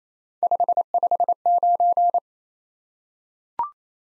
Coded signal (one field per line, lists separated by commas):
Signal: Morse code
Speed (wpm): 28 wpm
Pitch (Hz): 700 Hz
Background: none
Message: 559